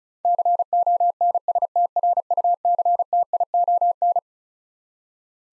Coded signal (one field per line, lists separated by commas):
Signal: Morse code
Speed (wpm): 34 wpm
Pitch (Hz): 700 Hz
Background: none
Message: CONSTRUCTION